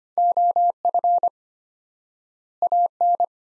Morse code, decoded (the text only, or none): OF AN